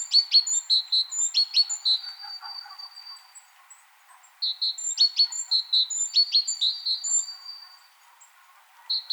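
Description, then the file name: Great tit uttering rapid high ticking notes with drawn-out thin whistles, in two separate bursts and a short final note. "Parus major"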